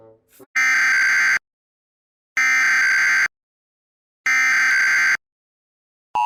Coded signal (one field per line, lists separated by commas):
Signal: Emergency Alert System (SAME) tones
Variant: header bursts